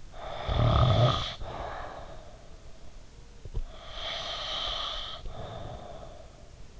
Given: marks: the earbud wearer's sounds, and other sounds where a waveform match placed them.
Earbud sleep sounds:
sounds in sleep by an in-ear microphone; snoring breath
0.14-2.80 s: snoring breath
3.55-6.73 s: snoring breath

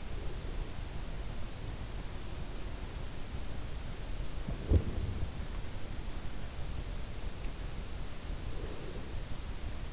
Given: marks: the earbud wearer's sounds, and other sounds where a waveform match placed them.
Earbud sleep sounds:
sounds in sleep by an in-ear microphone; breath, body movement
0.00-1.02 s: breath
4.41-5.75 s: body movement
8.44-9.12 s: breath

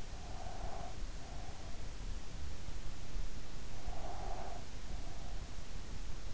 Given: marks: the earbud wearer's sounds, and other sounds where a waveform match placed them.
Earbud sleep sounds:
sounds in sleep by an in-ear microphone; breath
0.20-1.82 s: breath
3.94-5.38 s: breath

